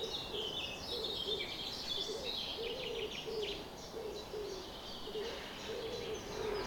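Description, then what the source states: Bird: dawn chorus with a low cooing note repeated many times, under high chirps and whistled notes from other birds. Summer morning bird chorus recorded at 4:40 am.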